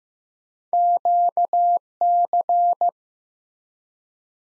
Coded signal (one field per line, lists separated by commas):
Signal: Morse code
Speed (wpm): 15 wpm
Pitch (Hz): 700 Hz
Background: none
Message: QC